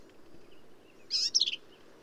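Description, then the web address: Black-capped vireo singing one brief, high, jumbled phrase of scratchy and slurred notes, with a faint low hum behind. "birdsongforthecurious Black-capped Vireo"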